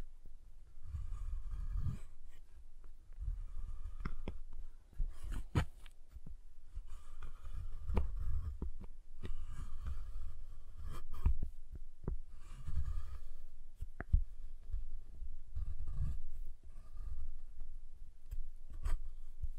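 A giant chocolate bar is tapped, cut and snapped, giving sharp, bright cracks and clicks scattered irregularly through the twenty seconds. Between them come dull low thuds and softer scraping, with a quiet steady hum underneath.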